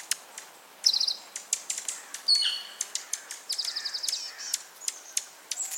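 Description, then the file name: Dark-eyed junco giving short, fast, high trills between many sharp, clicking chip notes scattered throughout. "Junco hyemalis - Dark-eyed Junco"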